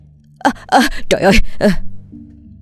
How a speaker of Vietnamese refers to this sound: Vừa thở hổn hển, Khang vừa thốt lên trong sự nhẹ nhõm. Chỉ là giấc mơ thôi.